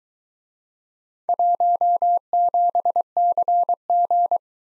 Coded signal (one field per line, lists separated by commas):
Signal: Morse code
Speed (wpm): 23 wpm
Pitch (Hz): 700 Hz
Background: none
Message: 17CG